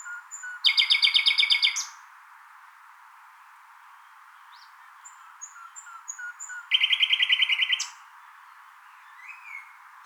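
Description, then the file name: Common nightingale song: quiet high piping notes between two loud, rapid, buzzing trills, each about a second long, separated by several seconds. "Luscinia megarhynchos"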